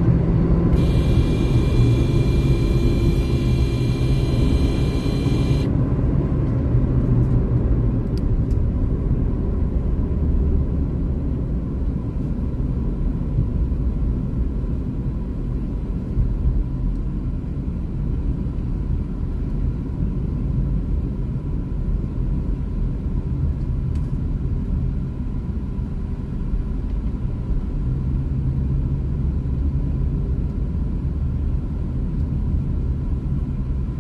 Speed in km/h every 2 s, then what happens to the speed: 108, 101, 106, 79, 62, 49, 44, 36, 32, 33, 34, 28, 21, 25, 32, 30, 24.
4-14 brakes to 36. 14-20 steady at about 33. 20-24 slows to 21. 24-28 speeds up to 32. 28-34 steady at about 30.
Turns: 14-29.